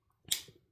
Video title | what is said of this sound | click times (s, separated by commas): Pro-Shot Borka Adjustable Torque Kit by Chase Robertson | and you'll hear that click. | 0.3 s